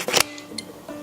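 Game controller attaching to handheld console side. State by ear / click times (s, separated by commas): seated / 0.2 s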